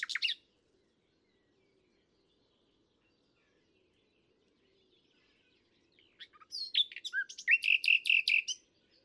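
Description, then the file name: Common nightingale song: a brief burst, a long pause, then a phrase of varied notes ending in a series of loud repeated rich notes. "Luscinia megarhynchos"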